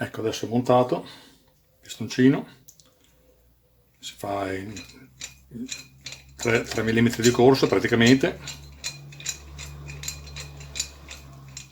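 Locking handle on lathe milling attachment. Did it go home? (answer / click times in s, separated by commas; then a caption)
no / none. A handle-operated lock on a homebuilt lathe milling attachment is worked by hand while someone talks, with short metallic taps and light ticks from about 9.3 s to 11.6 s. The clip ends before the lock engages, so nothing has seated or clicked yet.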